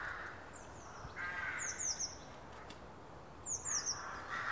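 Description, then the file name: Eurasian blue tit calling, high thin falling notes in short groups of two or three, a few seconds apart, with lower rushing sounds between. "Cyanistes caeruleus"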